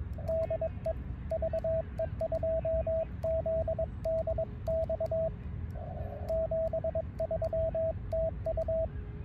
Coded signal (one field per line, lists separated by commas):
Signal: Morse code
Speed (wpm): 20 wpm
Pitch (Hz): 650 Hz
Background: radio noise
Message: DE VE2ZDX 73 TU